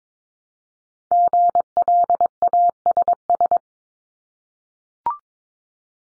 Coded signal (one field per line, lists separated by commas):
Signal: Morse code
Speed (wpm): 22 wpm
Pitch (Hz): 700 Hz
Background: none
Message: GLASS